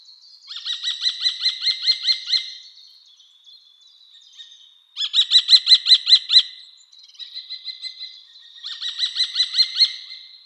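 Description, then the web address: Eurasian kestrel giving three bursts of fast, repeated high sharp notes, each burst lasting about two seconds, with soft thin notes between. "Schulze Peter Eurasian Kestrel"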